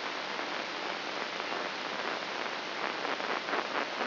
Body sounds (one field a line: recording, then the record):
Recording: brain microelectrode recording played as sound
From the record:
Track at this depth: inside the subthalamic nucleus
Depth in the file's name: 4.883 mm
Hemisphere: left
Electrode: 3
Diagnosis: Parkinson's disease